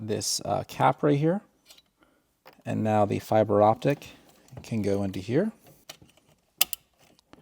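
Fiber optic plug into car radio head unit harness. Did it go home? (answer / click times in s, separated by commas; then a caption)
yes / 6.6 s. A fiber optic plug is pushed into its port on the back of a Porsche Classic Radio PCCM+ head unit after a cap is removed, during an Apple CarPlay install. Someone talks, then a few faint handling taps follow. A sharp plastic click at 6.6 s shows the connector seated.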